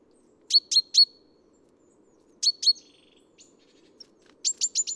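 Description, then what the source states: Great Tit calls: short sharp notes, first a group of three, then a pair, ending with a run of four higher notes. Recorded at Neudarss on 3 February 2013.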